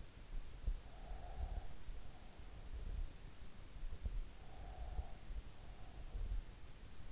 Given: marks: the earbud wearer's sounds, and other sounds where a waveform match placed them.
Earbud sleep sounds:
sounds in sleep by an in-ear microphone; breath
0.73-2.29 s: breath
4.13-5.66 s: breath

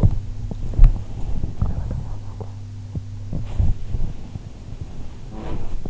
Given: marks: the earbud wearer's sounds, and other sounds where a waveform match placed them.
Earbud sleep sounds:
sounds in sleep by an in-ear microphone; body movement
0.00-2.63 s: body movement
3.72-5.39 s: body movement

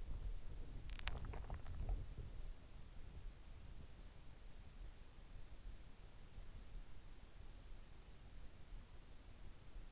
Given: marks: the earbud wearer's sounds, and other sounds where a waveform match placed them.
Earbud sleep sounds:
sounds in sleep by an in-ear microphone; swallowing
0.00-2.78 s: swallowing

